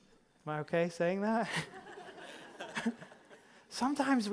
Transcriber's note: laughter!